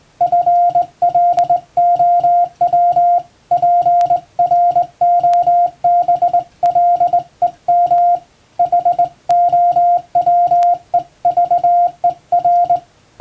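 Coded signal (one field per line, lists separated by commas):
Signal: Morse code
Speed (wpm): 20 wpm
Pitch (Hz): 700 Hz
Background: music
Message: FLOW PROBLEM HOWEVER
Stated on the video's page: Plain-language English Morse practice sent by hand on a vertical straight key by a first-class radiotelegraph operator.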